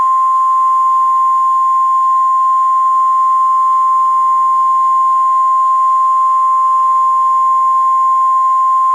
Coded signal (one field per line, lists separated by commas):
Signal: Emergency Alert System (SAME) tones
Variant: 1050 Hz attention tone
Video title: un EAS histórico lluvias torrenciales y viento de 29 en el sur de chile😲